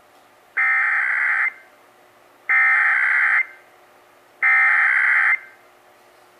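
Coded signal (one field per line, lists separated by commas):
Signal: Emergency Alert System (SAME) tones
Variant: header bursts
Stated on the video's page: Texas required monthly test relayed by radio and TV stations.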